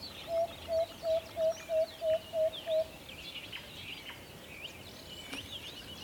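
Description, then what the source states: Owl tooting rapidly, eight steady whistled notes roughly three a second, then stopping while a chorus of chirping songbirds carries on behind. Recorded in a forest.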